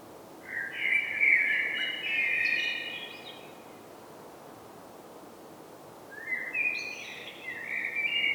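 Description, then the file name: Common blackbird with two separate fluty warbling song phrases, separated by a few seconds of quiet. "Turdus merula"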